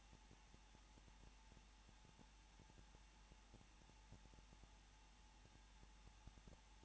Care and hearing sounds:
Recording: daily activity, microphone in the room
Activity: no activity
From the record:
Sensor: 1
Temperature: 20.2 degrees Celsius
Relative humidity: 35.7%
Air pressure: 994.6 hPa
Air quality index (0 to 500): 182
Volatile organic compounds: 7 ppm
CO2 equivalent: 2003 ppm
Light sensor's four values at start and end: 1/2/1/1 and 1/2/1/1

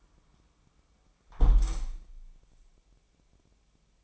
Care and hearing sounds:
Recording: daily activity, microphone in the room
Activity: close window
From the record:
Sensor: 1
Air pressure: 1000.5 hPa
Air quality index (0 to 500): 162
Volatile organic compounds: 3 ppm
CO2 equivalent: 1488 ppm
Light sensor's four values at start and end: 11/27/11/13 and 10/26/10/12

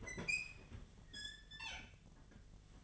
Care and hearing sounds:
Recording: daily activity, microphone in the room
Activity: open fridge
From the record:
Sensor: 4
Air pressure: 1010.6 hPa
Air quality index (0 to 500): 175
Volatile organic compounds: 5 ppm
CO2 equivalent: 1781 ppm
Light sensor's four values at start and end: 35/101/40/40 and 31/90/36/36

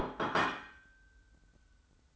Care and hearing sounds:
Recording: daily activity, microphone in the room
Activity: place plate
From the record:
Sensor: 3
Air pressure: 990.8 hPa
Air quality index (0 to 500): 144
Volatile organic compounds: 349 ppm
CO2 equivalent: 4581 ppm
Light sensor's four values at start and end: 25/58/24/23 and 26/60/25/24

